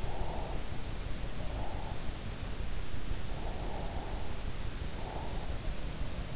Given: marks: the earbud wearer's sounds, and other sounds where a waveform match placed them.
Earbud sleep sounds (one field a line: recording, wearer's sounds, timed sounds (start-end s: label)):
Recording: sounds in sleep by an in-ear microphone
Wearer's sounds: breath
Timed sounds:
0.00-2.04 s: breath
3.32-5.74 s: breath